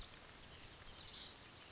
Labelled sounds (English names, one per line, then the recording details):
Chestnut-backed Chickadee
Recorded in Sonoma County, California